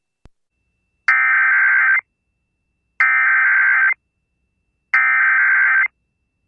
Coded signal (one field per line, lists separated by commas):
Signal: Emergency Alert System (SAME) tones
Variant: header bursts